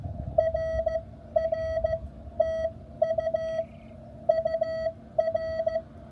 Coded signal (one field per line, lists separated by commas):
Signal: Morse code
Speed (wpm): 15 wpm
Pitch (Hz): 1300 Hz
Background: none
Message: RR TU UR